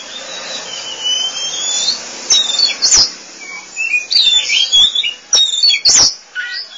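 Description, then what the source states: Oriental magpie-robin song: high, varied whistled phrases sliding up and down, broken by pauses and a few sharp clicks, over a faint steady hiss. Kacer song.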